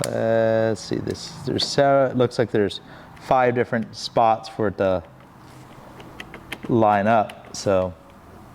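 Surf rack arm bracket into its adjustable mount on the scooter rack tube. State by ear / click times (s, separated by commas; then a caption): not seated / none. Someone talks while lining up the arm bracket of an MBB Universal Surf Rack with one of five adjustment positions on its adjustable mount on the rack tube of a Vespa GTS. Between the speech, faint handling taps are heard around 6.0 to 6.5 seconds. Nothing has snapped into place or seated yet.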